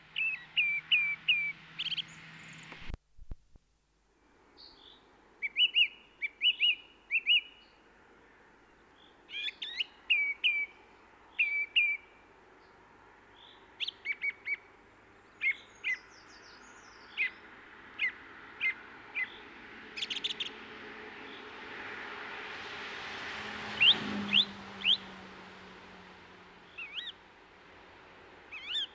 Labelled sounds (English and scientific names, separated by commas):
Song Thrush (Turdus philomelos) song